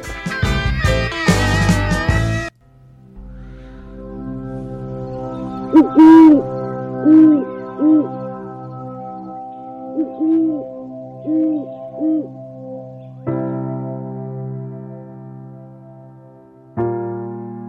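A brief burst of music gives way to a low steady hum, over which an owl hoots several times in soft, low, mellow notes spaced a second or so apart, before music returns.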